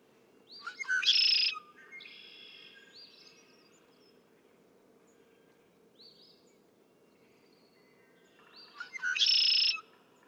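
Red-winged blackbird giving two loud buzzy trilled songs about eight seconds apart, with soft whistled notes between them.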